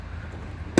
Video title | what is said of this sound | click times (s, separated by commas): 2018 Toyota Fortuna In depth tour Interior and Exterior | move that thing there, and it locks in place. | 0.8 s